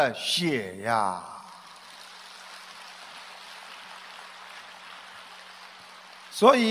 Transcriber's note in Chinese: 掌声